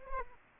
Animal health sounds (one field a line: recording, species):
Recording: mosquito wingbeat signal from an infrared sensor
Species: Aedes aegypti